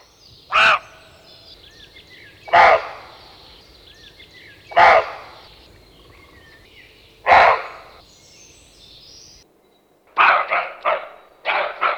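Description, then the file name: Roe deer giving loud, rough single barks about two seconds apart, then a quicker burst of shorter barks at the end; faint bird chirps sound in the background. "Reh"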